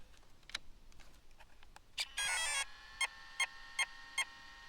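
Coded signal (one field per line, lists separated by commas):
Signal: beep code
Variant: Castle Creations ESC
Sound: quick rising startup tune, then 4 short electronic beeps about 0.4 s apart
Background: motor controller whine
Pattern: 4 short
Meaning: The speed controller detected a 4-cell LiPo battery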